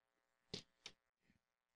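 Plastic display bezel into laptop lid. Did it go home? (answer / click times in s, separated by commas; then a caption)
partly / 0.5 s, 0.9 s. A plastic display bezel is pressed into a laptop lid and snaps in with two small clicks at 0.5 s and 0.9 s, followed by a faint softer sound near 1.3 s. The bezel is only partly snapped in, with a gap still remaining.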